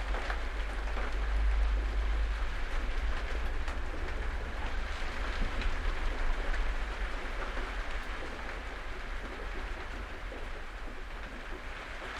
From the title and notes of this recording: Thunderstorm. Recorded in my shed. Somercotes, Derbyshire.